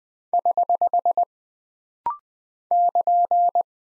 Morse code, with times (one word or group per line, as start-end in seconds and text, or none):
0.3-1.2 <HH>
2.7-3.6 <KN>